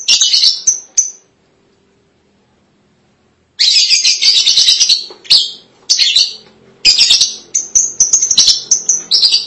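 Lovebird chattering, harsh high buzzy bursts around a second long separated by a silent gap, then a fast run of scratchy chirps and short squeaks.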